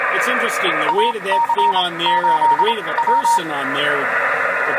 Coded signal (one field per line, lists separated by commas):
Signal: Morse code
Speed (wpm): 27 wpm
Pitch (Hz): 930 Hz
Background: speech, radio noise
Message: AC8W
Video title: Mobile CW at W1GV